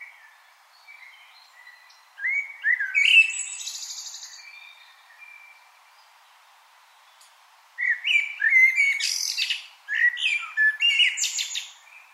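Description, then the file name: Common blackbird singing mellow, fluty warbled phrases ending in high squeaky twitters, with a long quiet pause in the middle. "Turdus merula"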